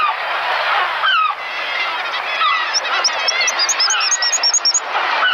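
Black guillemot twittering: a run of thin, high, pulsing notes over a loud rushing background, with a few softer chirps before it.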